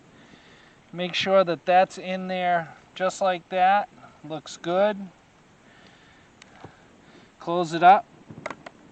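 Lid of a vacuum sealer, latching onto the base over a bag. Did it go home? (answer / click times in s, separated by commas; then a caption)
yes / 8.5 s. Someone talks while setting the open end of a bag in place, then closes the hinged plastic lid of a countertop vacuum sealer over it and presses it down onto the base. The lid clicks shut, latching at 8.5 s, followed by a couple of small taps.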